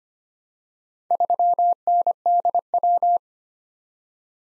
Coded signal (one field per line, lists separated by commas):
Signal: Morse code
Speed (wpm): 25 wpm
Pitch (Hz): 700 Hz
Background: none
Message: 3NDW